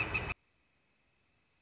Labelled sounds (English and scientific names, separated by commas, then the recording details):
Northern Flicker (Colaptes auratus)
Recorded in Sonoma County, California